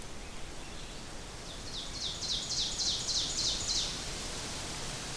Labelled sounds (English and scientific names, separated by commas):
Ovenbird (Seiurus aurocapilla) song